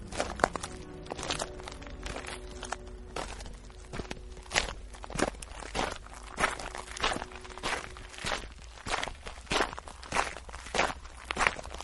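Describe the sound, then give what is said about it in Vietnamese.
Heavy human footsteps, heard from far off through a stone door in an underground passage, thud in a steady, plodding rhythm, each step a broad, dull impact with a gritty crunch, repeating about once a second without any voices. “Tiếng bước chân tuy ở xa, nhưng ghé tai qua cửa là nghe rõ một một, không lầm được, đúng là tiếng chân người đi, nghe rất nặng nề, như cả ngàn cân dậm xuống vậy.”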